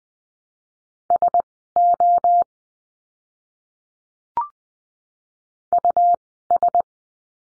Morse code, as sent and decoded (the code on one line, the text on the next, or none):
... --- / ..- ...
SO US